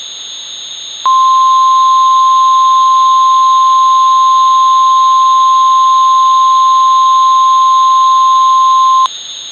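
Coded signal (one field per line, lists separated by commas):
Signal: Emergency Alert System (SAME) tones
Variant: 1050 Hz attention tone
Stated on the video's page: Fictional Halloween mock EAS scenario tones.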